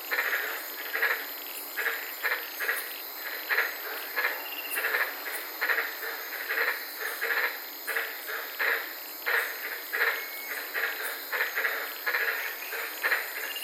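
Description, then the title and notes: Chorus of white-lipped tree frogs giving rapid barking notes, roughly one or two each second, overlapping one another against a constant high insect drone. White-lipped frogs at night in the Daintree rainforest, Queensland, heard from inside a car. "White Lipped Frog Podcast. I was sitting in my car in the Daintree rainforest in Queensland this night and fell asleep listening to these amazing White lipped frogs"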